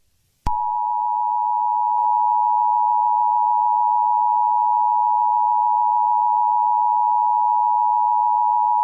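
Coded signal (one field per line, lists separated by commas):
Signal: Emergency Alert System (SAME) tones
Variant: 853 and 960 Hz attention tone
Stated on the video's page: Simulated EAS scenario about extreme heat, containing valid EAS tones.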